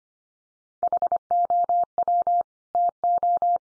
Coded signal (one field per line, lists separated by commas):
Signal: Morse code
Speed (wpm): 25 wpm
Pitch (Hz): 700 Hz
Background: none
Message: HOW TO